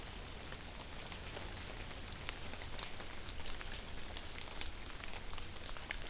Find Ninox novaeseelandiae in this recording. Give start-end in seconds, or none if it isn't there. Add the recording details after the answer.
none. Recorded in New Zealand on 11 September 2013. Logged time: 02:19. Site Ponui